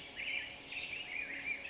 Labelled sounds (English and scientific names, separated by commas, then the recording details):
Black-headed Grosbeak (Pheucticus melanocephalus)
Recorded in Sonoma County, California